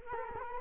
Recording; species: mosquito wingbeat signal from an infrared sensor; Culex quinquefasciatus